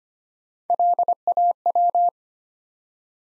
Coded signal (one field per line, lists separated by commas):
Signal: Morse code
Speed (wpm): 25 wpm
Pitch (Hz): 700 Hz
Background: none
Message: LAW